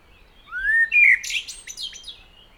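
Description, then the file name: Common blackbird song: a rising fluted whistle sliding into a burst of scratchy, high-pitched twittering. "Turdus merula"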